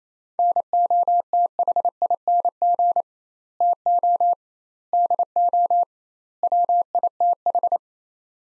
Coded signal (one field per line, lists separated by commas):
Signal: Morse code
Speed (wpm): 28 wpm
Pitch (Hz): 700 Hz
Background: none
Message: NOTHING TO DO WITH